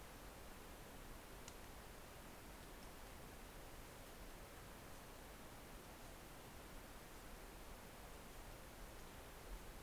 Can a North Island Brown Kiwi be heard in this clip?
no